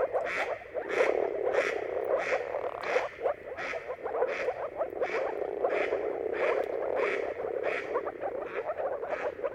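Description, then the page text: Moor frog chorus bubbling steadily underneath, while a harsher, rasping call repeats at a steady pace above it throughout. Moor frog mating calls in a dawn chorus at sunrise, at the turn of March and April depending on the weather; many frogs calling together. "earth-fm Jakub-Orzecki moor frogs. Dawn’s Chorus: Mating Calls of Marsh Frogs at Sunrise. Depending on the weather at the turn of March and April, you can witness an amazing spectacle of moor frogs"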